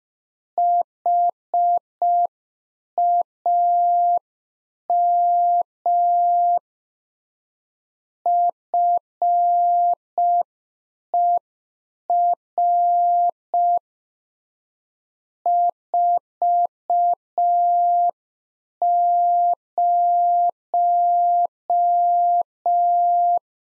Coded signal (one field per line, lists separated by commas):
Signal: Morse code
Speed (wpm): 5 wpm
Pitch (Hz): 700 Hz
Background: none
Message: HAM FER 40